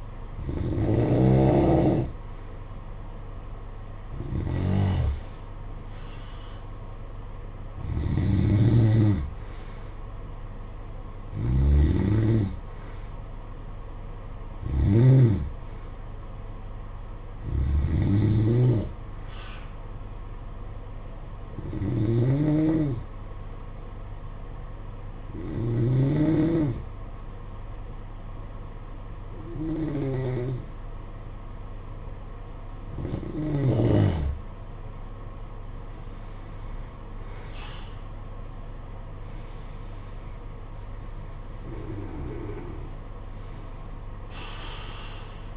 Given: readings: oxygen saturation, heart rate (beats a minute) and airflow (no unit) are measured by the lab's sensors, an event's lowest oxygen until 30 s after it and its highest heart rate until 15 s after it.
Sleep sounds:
breathing in sleep by a smartphone at the bedside; 1
22.00-38.70 s: hypopnea (N2, oxygen 94% highest, then 91% lowest, heart rate 56 at the start, 59 highest)
From the record:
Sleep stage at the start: N2 (light sleep); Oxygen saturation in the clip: 90 to 94%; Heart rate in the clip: 54 to 60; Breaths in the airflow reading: 13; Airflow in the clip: -11.5 to 12.8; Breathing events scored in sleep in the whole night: 476 in 9.7 hours asleep

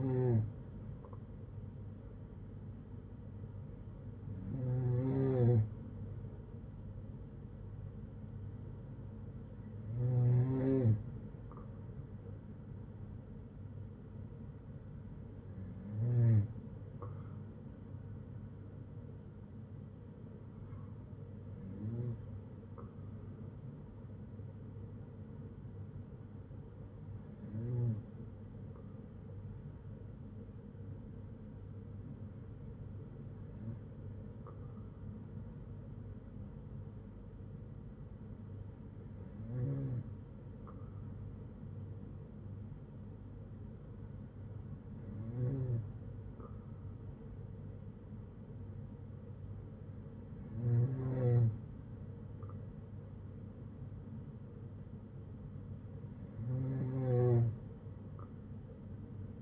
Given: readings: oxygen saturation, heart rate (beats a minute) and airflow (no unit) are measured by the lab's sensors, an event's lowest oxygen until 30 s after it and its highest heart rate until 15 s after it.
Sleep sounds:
breathing in sleep by a smartphone at the bedside; none
none scored
From the record:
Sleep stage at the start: N2 (light sleep); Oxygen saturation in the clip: 93%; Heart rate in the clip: 58 to 62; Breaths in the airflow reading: 11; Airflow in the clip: -6.6 to 5.3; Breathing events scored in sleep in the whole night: 182 in 7.4 hours asleep

